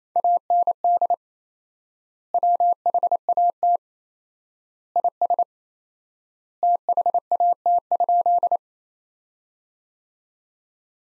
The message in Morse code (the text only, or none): AND WHAT IS THAT?